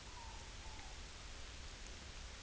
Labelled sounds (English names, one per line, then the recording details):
Morepork more-pork call
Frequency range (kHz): Morepork 0.7-1.1 kHz
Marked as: faintness 3/5
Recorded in New Zealand on 11 September 2013
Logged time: 02:19
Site Ponui